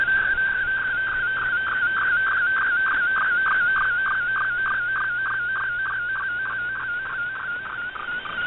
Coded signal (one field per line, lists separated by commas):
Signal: SSTV (slow-scan television)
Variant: Robot 72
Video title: Shortwave Radiogram #73 Nov 9 2018 on 7780Khz Shortwave Radio R8600